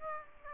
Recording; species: mosquito wingbeat signal from an infrared sensor; Aedes aegypti